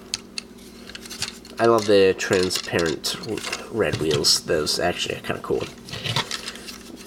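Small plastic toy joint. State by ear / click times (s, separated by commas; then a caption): seated / 0.1 s. The plastic feet of a transforming robot toy are rotated forward until they stop and lock into place, with a sharp click at 0.1 s and a few fainter handling clicks after it. Someone then talks, and the feet stay seated in their locked position.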